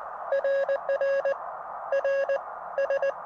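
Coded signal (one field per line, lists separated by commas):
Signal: Morse code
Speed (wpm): 19 wpm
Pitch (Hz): 1650 Hz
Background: none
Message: RR R S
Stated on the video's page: Morse from a Summits On The Air expedition to Antelope Mountain.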